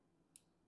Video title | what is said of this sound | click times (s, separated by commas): DT Connector Harness Part 1 - 1982 Mustang | until it clicks | 0.4 s